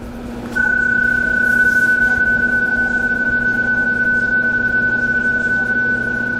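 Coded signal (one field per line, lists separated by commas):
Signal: PSK31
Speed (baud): 31.25 baud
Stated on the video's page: CW sent from a keyboard connected to a Kenwood TS-890S, with pre-programmed messages for contesting, DXpeditions and rag-chewing.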